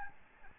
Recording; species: mosquito wingbeat signal from an infrared sensor; Aedes albopictus